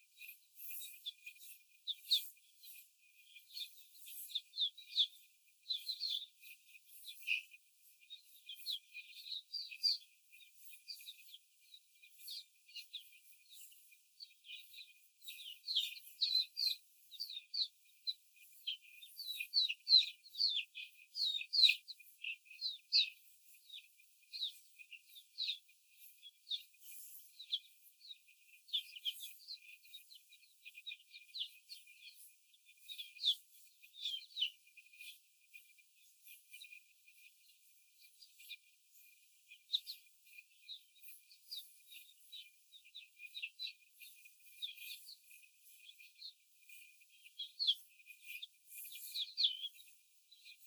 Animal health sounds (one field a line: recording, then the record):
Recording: young laying hens in a cage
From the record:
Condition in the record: before the stressor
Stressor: simulated dog barking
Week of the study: 4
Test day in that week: 1